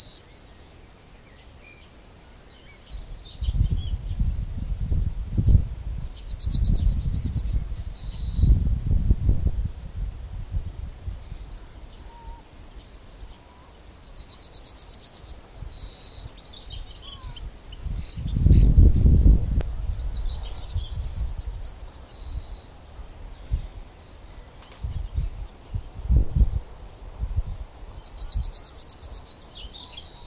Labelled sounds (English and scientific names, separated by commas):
Yellowhammer (Emberiza citrinella) song